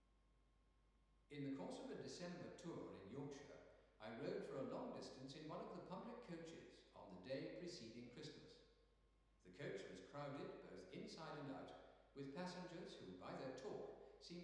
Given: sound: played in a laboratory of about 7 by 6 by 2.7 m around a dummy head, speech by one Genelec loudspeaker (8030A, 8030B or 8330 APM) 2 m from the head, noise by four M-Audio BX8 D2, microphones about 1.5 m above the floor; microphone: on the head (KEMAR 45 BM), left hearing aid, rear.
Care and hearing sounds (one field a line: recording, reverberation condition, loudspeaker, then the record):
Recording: male speech in English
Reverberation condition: high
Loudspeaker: behind (180 degrees)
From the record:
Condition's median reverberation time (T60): about 1300 ms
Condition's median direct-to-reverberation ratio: about -4.0 dB